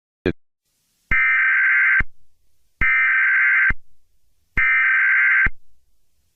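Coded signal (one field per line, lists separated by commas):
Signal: Emergency Alert System (SAME) tones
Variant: header bursts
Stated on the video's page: Fictional EAS scenario based on a game, not a real alert.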